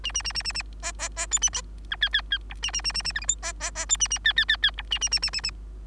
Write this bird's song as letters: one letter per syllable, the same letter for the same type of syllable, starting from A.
A A A A A A B B B C A D E E E F A A A A A G H I B B B C A A E E E E F A A A A A A